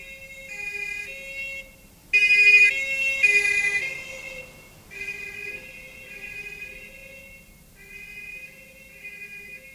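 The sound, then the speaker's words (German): A police siren wails in a steady two-tone pattern, swelling suddenly loud after a couple of seconds, then easing off and fading as it passes, with faint road rumble underneath. “Was war das? Was meinen Sie? Die Sirene. Polizei, nehme ich an.”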